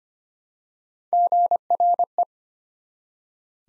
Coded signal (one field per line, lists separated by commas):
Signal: Morse code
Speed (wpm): 25 wpm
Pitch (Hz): 700 Hz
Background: none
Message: GRE